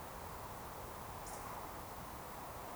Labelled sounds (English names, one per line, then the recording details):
Eurasian Woodcock whistle
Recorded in Baden-Württemberg, Germany, on 14 June 2020 at 20:12 UTC
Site 43791, 788 m above sea level